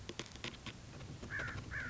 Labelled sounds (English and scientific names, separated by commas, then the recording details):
American Crow (Corvus brachyrhynchos)
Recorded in Sonoma County, California